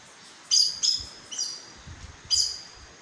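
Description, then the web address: Aracari calling: four high, screechy squeaks, the first two in quick succession and the rest more spaced, over a faint hiss. "sound Aracari. صدای-پرنده-پرزبان"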